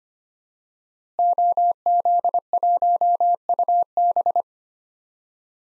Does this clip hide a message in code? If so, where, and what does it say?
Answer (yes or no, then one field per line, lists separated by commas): yes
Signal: Morse code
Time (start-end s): 1.2-4.4 s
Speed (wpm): 25 wpm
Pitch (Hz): 700 Hz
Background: none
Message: OZ1UB